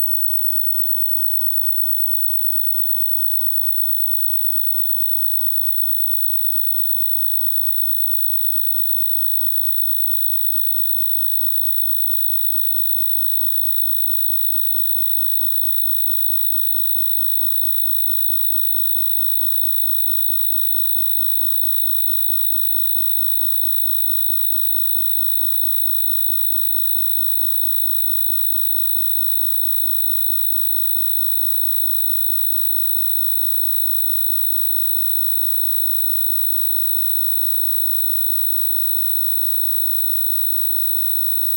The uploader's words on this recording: High Prime Sines Fluttering. Excerpt from audio tests for the installation "This Is For You ohrenhoch Berlin". Sine tones blended to create shifting beating frequencies - the shimmering effect that occurs when two or more tones of close frequency are sounded together. The tones in this sample are tuned to frequencies near or above the typical upper threshold of human perception .